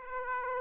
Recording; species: mosquito wingbeat signal from an infrared sensor; Aedes aegypti